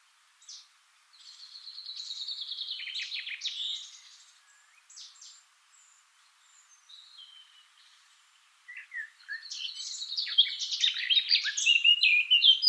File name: Sylvia atricapilla